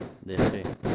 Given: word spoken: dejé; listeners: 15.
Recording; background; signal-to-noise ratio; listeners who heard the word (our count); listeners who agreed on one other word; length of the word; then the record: one Spanish word in noise, from a listening test; noise modulated by one talker; -9.6 dB; 3 of 15; 6 of 15; 0.55 s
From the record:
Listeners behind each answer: 6, 3, 1, 1, 1, 1, 1, 1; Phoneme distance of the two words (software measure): 17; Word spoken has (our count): 2 syllables, 4 phonemes, stress on syllable 2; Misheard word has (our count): 3 syllables, 5 phonemes, stress on syllable 2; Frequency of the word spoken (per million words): 15.31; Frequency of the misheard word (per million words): 95.03